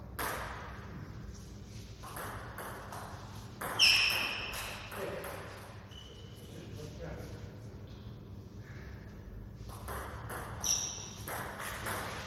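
A friendly table tennis match in a hall, with voices talking through most of the clip over a steady low hum of the room. A sharp, bright ping rings out near four seconds and again near eleven, with lighter taps and shuffling between.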